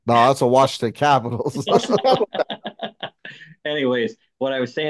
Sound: laughing